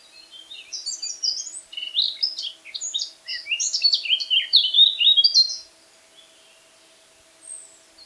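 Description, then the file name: Eurasian blackcap song: a long, continuous stream of hurried, varied warbled notes building in loudness, then silence and one brief soft note. "Sylvia atricapilla"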